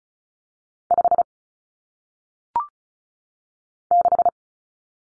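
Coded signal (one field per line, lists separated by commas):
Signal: Morse code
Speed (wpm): 36 wpm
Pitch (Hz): 700 Hz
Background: none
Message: 5 6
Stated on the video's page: Common single-digit cut numbers in Morse code at 35 wpm, head-copy drill, each number sent twice.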